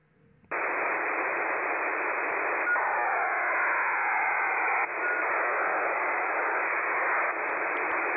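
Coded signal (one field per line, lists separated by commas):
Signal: HF data modem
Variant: HFDL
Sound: steady wideband hissing data rush starting abruptly, with slight shifts between bursts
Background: radio static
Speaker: so let's put the audio of this here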